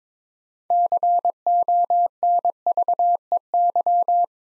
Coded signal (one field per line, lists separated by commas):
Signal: Morse code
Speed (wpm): 22 wpm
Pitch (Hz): 700 Hz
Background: none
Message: CONVEY